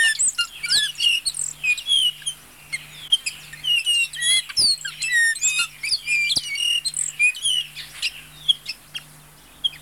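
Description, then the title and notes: Bay-winged cowbird chorus of overlapping chirps, whistles and rising or falling squeaks, over a low pulsing hum. Lives in small groups of 7 or 8 birds, separating only when breeding; groups are often heard singing together, sounding like an orchestra tuning its instruments, hence the common name. "Museo de Ciencias de Bahía Blanca. Tordo Músico (Molothrus badius)"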